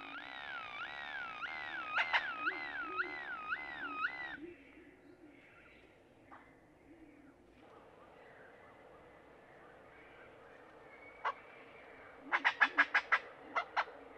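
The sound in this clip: Great-tailed grackle producing wavering, siren-like whistled tones that rise and fall repeatedly, then a quiet spell before a burst of quick dry clacks near the end.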